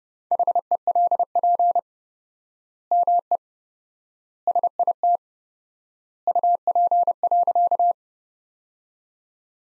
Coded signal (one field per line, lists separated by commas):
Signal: Morse code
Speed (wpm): 30 wpm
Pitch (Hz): 700 Hz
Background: none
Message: HELP ME SIT UP.